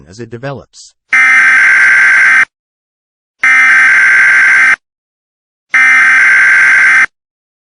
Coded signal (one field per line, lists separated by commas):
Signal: Emergency Alert System (SAME) tones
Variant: header bursts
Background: speech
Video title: Permanent Total Solar Eclipse An EAS Scenario